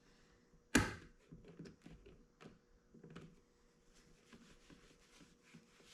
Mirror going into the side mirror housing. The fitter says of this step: Once you hear a few clicks, you'll know it's installed.